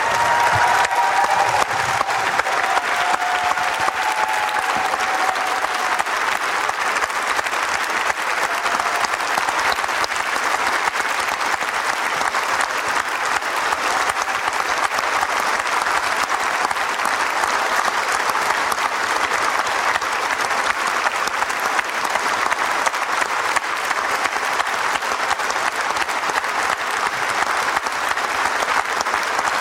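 A standing crowd applauds loudly and steadily for about thirty seconds, clapping as long and as loud as possible, a dense, unbroken wash of clapping with a few faint whistles early on and no talking over it.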